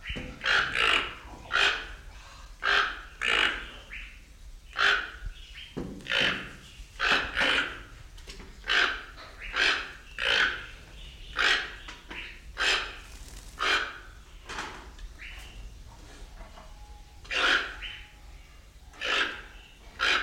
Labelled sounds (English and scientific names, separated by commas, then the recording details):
Toco Toucan (Ramphastos toco)
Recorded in captivity
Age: adult
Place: Zoo Berlin, Berlin, DE
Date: 1993-03-06 10:54
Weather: 3-6 °C, heiter bis wolkig
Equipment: Marantz CP 430, Sennheiser ME 80, Kopie Uher Variocord 263
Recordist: Tembrock, Günter